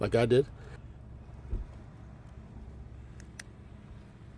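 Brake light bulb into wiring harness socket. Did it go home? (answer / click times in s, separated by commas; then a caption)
yes / 3.4 s. A new brake light bulb is pushed into the wiring harness socket behind the tail light lens of a Chevrolet truck until it snaps in, seating with a sharp click at 3.4 s. Someone talks at the start, then a quieter thump and low background noise follow, with a faint tick at 3.2 s just before the snap.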